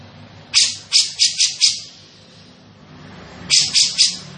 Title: Cucak Jenggot Gacor, Suara Rapat Dan Jernih